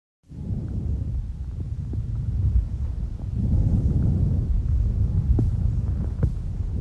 The softest normal breath sounds, which are known as bronchovesicular or vesicular breath sounds as they might be heard over the thoracic lung fields. Note that they are heard much better on inspiration, they are nearly silent or even absent in some animals on expiration.